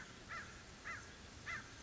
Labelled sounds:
American Crow
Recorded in Sonoma County, California

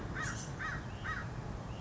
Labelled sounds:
American Crow
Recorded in Sonoma County, California

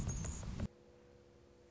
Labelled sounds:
Anna's Hummingbird
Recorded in Sonoma County, California

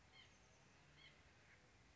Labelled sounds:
White-breasted Nuthatch
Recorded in Sonoma County, California

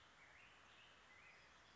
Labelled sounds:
Black-headed Grosbeak
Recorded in Sonoma County, California

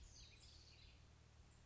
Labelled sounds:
House Wren
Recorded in Sonoma County, California

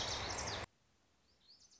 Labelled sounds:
Lazuli Bunting
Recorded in Sonoma County, California

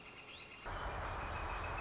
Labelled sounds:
Northern Flicker
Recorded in Sonoma County, California

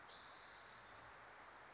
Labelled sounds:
Spotted Towhee
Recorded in Sonoma County, California

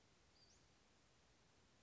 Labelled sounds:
Western Flycatcher
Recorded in Sonoma County, California

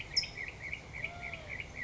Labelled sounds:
California Towhee
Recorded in Sonoma County, California

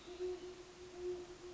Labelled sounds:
Great Horned Owl
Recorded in Sonoma County, California

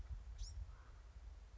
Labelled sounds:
Bewick's Wren
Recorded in Sonoma County, California

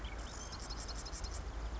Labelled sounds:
Marsh Wren
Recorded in Sonoma County, California

